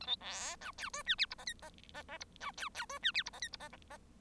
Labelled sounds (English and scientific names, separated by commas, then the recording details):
Bengalese Finch (Lonchura striata domestica) song
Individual Bird1